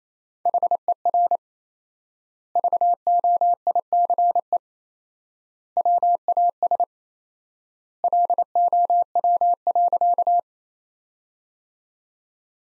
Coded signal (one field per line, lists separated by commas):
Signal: Morse code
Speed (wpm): 28 wpm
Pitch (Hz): 700 Hz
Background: none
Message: HER VOICE WAS LOW.